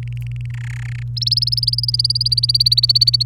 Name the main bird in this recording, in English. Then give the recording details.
Domestic Canary. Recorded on 29 April 2018 at 08:39. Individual llb3